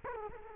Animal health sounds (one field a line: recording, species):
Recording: mosquito wingbeat signal from an infrared sensor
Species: Culex quinquefasciatus